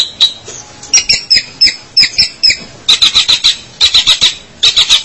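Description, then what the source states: Long-tailed shrike song: uneven high scratchy notes, then quick bursts of several clipped notes separated by short gaps. March 2017.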